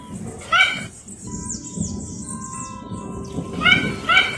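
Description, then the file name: Mandarin duck: one harmonic call, a stretch of faint high twittering over low rumble, then two more calls close together. "canto do pato mandarim"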